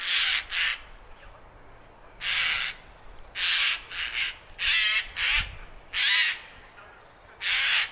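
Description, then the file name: Eurasian jay making repeated harsh, grating screeches, about ten rough bursts, some paired closely, with a faint low thump midway. "Garrulus glandarius"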